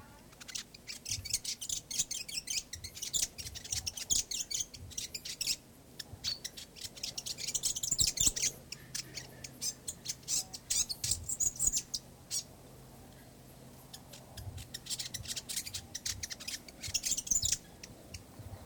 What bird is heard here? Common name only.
New Zealand Fantail